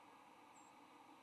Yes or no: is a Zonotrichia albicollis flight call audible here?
no